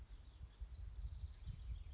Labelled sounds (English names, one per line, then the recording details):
House Wren
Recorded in Sonoma County, California